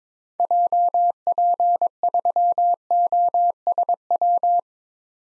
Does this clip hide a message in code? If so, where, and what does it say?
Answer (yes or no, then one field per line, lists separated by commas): yes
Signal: Morse code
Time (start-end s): 0.4-4.6 s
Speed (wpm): 22 wpm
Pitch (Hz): 700 Hz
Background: none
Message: JP3OSW